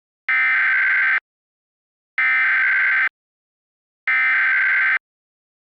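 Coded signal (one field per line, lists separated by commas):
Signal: Emergency Alert System (SAME) tones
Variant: header bursts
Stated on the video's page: Fictional global wildfire scenario using valid EAS tones.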